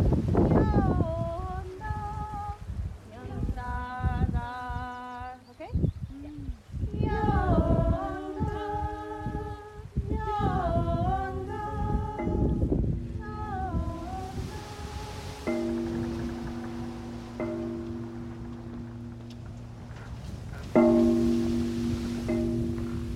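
Recorded in the bay of Camas Tuath on the Isle of Mull, a voice talks in rising and falling phrases over a low rumble for about fifteen seconds. After that, two steady low tones drone over a soft hiss, with a brief louder burst near 21 seconds.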